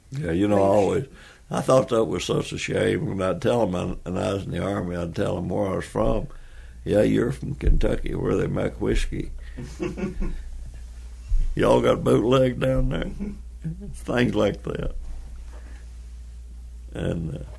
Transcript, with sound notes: Yeah, you know I always, I thought that was such a shame, and I tell them, I, when I was in the army I’d tell him where I was from. Yeah, you’re from Kentucky where they make whisky. [laughter] You all got bootleg down there? Things like that, and…